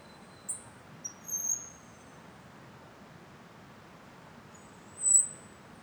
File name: Som de rio longe Passaro muito agudo cantando